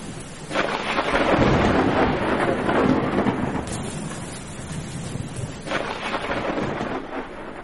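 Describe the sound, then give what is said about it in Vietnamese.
Heavy rain pours steadily while thunder rumbles low and long, swelling early, easing, then rolling in again near the end of a stormy downpour with no voices. “Cho đến khi bóng dáng của thằng Tèo biến mất, thì trong cơn mưa có một thứ gì đó mờ ảo như là bóng người hiện ra dưới bầu trời sấm chớp, rồi từ từ, từ từ biến mất.”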